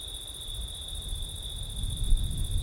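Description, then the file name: Crickets trilling steadily at a high pitch while low wind rumble swells and gusts, growing stronger toward the end. Crickets recorded on a September night with wind. "crickets wind september night ortif"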